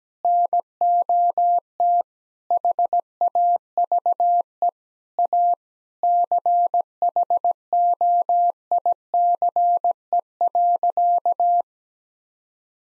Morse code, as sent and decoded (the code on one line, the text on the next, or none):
-. --- - / .... .- ...- . / .- / -.-. .... --- .. -.-. . .-.-.-
NOT HAVE A CHOICE.